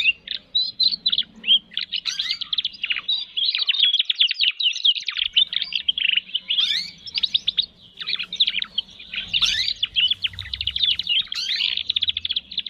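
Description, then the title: Canary in full song, pouring out a dense, unbroken stream of rapid trills, rolling chatters and high twittering notes that shift pattern every second or two. Canary singing actively ('gacor') with its best song variations ('cengkok', 'isian'). "Kenari Gacor Cengkok Terbaik Isian Paling Mewah"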